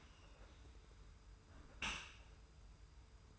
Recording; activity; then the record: daily activity, microphone in the room; close dishwasher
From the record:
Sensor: 2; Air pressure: 991.2 hPa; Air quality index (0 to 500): 144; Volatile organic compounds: 312 ppm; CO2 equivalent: 4508 ppm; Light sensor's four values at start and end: 42/118/47/45 and 42/118/47/45